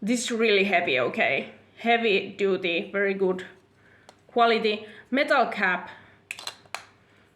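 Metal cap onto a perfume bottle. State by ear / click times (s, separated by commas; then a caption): seated / 6.8 s. A heavy, heavy-duty, good-quality metal cap is put back onto a perfume bottle while someone talks. After a couple of sharp taps, the cap snaps into place with a strong, sharp click at 6.8 s and is seated.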